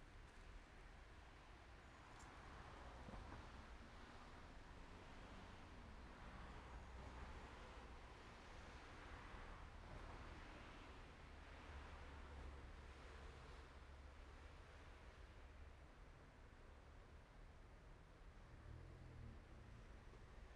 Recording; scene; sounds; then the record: everyday scene through a hearing-aid microphone; in traffic; traffic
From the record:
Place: main road on the outskirts, rush hour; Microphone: behind the ear, right, rear